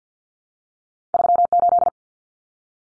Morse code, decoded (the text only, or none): 38